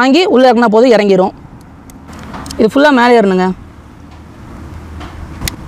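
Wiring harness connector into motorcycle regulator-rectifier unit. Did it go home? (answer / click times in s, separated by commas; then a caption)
yes / 5.5 s. A plastic multi-pin wiring harness connector is pushed fully onto a motorcycle's regulator-rectifier (RR) unit while someone talks. A sharp click is heard at 5.5 s as the connector locks in and is seated.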